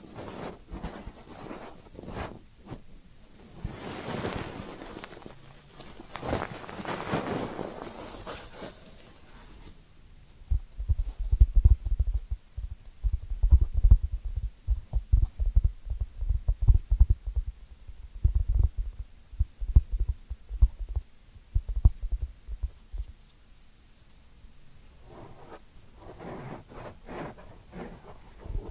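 Ear cleaning sounds open with soft, airy rustling and scraping for about the first ten seconds. A dense run of low, thumping rubs and muffled pops follows, irregular and fairly quick, easing around 23 seconds before light rustling returns near the end.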